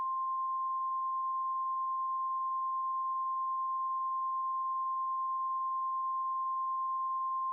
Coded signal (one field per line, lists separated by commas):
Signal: Emergency Alert System (SAME) tones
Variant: 1050 Hz attention tone